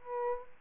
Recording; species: mosquito wingbeat signal from an infrared sensor; Aedes aegypti